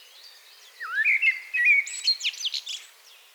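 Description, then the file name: Common blackbird: a rising fluty warble leading into a rapid burst of high scratchy twitters. "Turdus merula"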